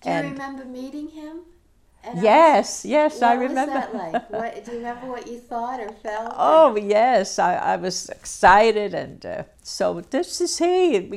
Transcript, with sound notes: Do you remember meeting him?
Yes, yes, I remember. (she laughs)
What was that like? Do you remember what you thought or felt?
Oh, yes, I was excited, " So this is he!"